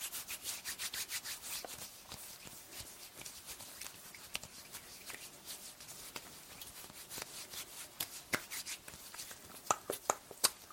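A hairbrush drags through hair in quick, regular strokes, each a bright bristly swish, packed densely in the first two seconds. The strokes then loosen into an uneven rhythm, with sharp light taps standing out near the end, around nine to eleven seconds.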